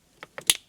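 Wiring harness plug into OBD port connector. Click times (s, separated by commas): 0.5 s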